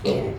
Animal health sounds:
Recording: contact call of a hoofed animal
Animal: pig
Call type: closed-mouth grunt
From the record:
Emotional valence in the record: negative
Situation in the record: short social isolation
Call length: 0.38 s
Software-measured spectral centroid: 1850 Hz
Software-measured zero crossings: 1100 a second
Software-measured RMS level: -24 dBFS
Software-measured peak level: -10 dBFS

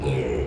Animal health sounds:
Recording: contact call of a hoofed animal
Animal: pig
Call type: closed-mouth grunt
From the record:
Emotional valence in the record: negative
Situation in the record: short social isolation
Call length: 0.47 s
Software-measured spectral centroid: 1510 Hz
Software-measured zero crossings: 940 a second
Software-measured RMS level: -24 dBFS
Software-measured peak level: -14 dBFS

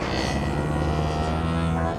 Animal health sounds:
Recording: contact call of a hoofed animal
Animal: cattle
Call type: low-frequency (closed-mouth) or high-frequency (open-mouth) call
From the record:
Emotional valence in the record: positive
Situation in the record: physical reunion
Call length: 2.00 s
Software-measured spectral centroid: 1920 Hz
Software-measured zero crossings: 1520 a second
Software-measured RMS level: -24 dBFS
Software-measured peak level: -11 dBFS

